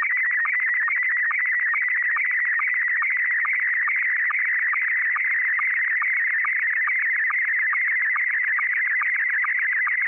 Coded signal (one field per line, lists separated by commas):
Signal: SSTV (slow-scan television)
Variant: Scottie 1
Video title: Storing Video as Sound - Slow Scan TV on Cassette Tape